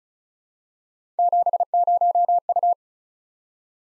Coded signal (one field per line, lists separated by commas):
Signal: Morse code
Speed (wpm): 35 wpm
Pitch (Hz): 700 Hz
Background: none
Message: 70U